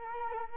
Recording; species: mosquito wingbeat signal from an infrared sensor; Culex quinquefasciatus